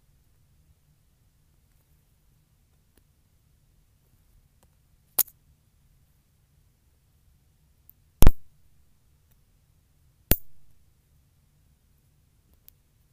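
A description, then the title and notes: Nail clipping: three sharp, bright clicks at about five, eight and ten seconds, separated by near silence with a faint low hum. ASMR Cutting and Filing my Nails.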